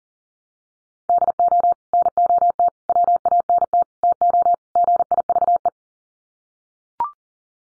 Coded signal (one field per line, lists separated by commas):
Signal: Morse code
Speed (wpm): 40 wpm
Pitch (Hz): 700 Hz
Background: none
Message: DO NOT WANT TO GIVE